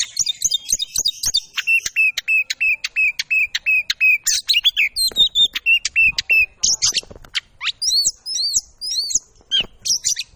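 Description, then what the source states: Oriental magpie-robin song: a run of repeated clipped chirps, about three per second, then varied whistles and looping notes. Kacer song used as a lure to provoke male birds into fighting, making them quickly agitated and aggressive; persistent, full-volume bursts.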